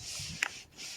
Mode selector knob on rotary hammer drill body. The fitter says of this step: locks into place again so today we're going to hammer